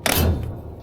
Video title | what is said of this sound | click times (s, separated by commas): Jetinno JL300 Barista Coffee Machine - Instruction of brewer filter replacement | Then you can hear a click. It means | 0.1 s